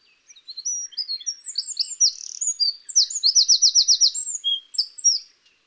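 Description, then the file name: Eurasian wren song, a rapid energetic stream of high chirps and warbles with a fast mechanical trill in the middle, delivered loudly and continuously. "Troglodytes troglodytes"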